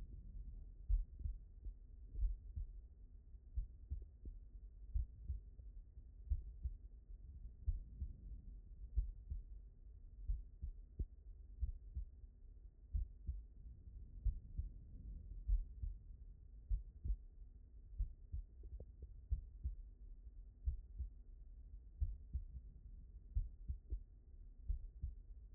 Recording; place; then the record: heart sounds by stethoscope; aortic valve (AV)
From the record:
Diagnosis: non-HFrEF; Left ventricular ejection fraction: 72%